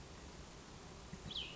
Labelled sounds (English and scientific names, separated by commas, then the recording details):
Cassin's Vireo (Vireo cassinii)
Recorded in Sonoma County, California